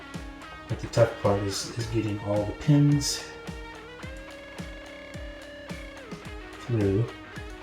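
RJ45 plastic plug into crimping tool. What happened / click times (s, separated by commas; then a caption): The plug is being handled but has not clicked home yet / none. A Cat6 RJ45 plastic plug, its wires fed through, is handled at the die of a crimping tool while someone talks over guitar music. The plug has not seated or clicked yet. The clicking in easily will later show that no pin was hung up.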